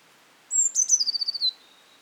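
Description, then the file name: Eurasian blue tit song of one high whistled note running straight into a rapid, falling trill that fades to a thin tone. "Cyanistes caeruleus"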